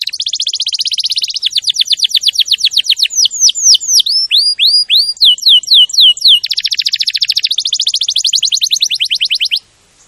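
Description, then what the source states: Canary song opening with a fast buzzy roll, then repeated falling and curling whistles, switching back to a rapid rolling trill before stopping. Champion canary song, used for training other canaries.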